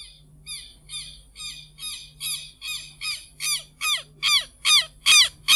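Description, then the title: Southern lapwing uttering a rapid run of harsh, ringing cries, roughly two or three a second, growing steadily louder throughout, with a soft low hum in the background. Tero (Vanellus chilensis), Bahía Blanca area. "Museo de Ciencias de Bahía Blanca - PdA - Tero"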